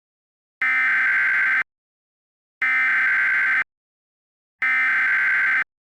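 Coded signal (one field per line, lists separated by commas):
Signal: Emergency Alert System (SAME) tones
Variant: header bursts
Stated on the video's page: Fictional, remastered EAS scenario about a second civil war.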